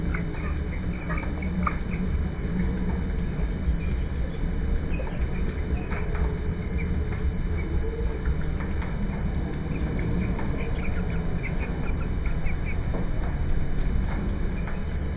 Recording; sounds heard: poultry house recording; healthy chickens